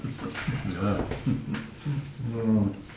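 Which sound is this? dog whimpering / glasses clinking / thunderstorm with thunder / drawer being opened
dog whimpering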